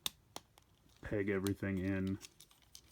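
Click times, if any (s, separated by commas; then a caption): none. A plastic transforming toy car's roof and hood panels are lowered, and their tabs and pegs are handled toward their sockets in the body. Short, faint clicks of plastic handling are heard around 0.1, 0.4, 0.6 and 2.8 seconds, and someone talks in between. Nothing has seated or clicked into place yet.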